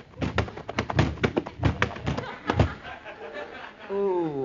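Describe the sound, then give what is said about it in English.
A rapid flurry of dull thuds and scuffling impacts as a boy is tackled hard in a kids' football game, knocking his helmet off, followed by a short voiced groan with wavering pitch. “Gee, Stevie, you sure tackled him hard.”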